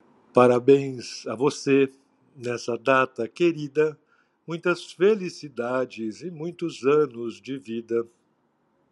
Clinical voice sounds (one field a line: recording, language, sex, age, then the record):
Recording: short text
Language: Brazilian Portuguese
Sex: male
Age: 60 to 69 years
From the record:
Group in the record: control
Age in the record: 65 years